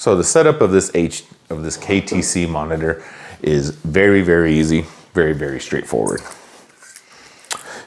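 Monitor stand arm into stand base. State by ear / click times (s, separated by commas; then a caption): seated / 7.5 s. Someone talks while setting up a KTC 32-inch FHD 1080p curved gaming monitor. The monitor stand arm is pushed onto the stand base, and after a few faint taps it snaps into place with a sharp click at 7.5 s, seated.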